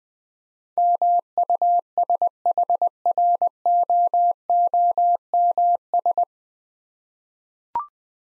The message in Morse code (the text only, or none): MUSHROOMS